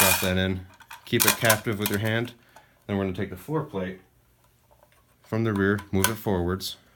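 During reassembly of an H&K XM8 (SL8-1 conversion by TBT), someone talks while holding the magazine spring captive by hand and sliding the magazine floor plate forward from the rear onto the magazine body. Two faint, brief handling ticks are heard at about 4.8 and 4.9 seconds during a pause in the talking. The floor plate has not yet snapped into place, and nothing has seated.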